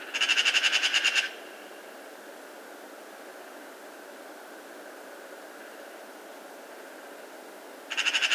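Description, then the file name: Eurasian magpie chatter: a short burst of fast, harsh rattling notes, then several seconds of quiet hiss, then another chattering burst begins at the end. "Pica pica"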